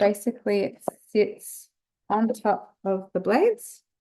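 A plastic blade cover is handled over the blade assembly inside a Thermomix TM6 mixer bowl, used to keep food such as meat off the blades while slow cooking. Someone talks throughout, and the clip ends before the cover goes home, so nothing has seated or clicked yet.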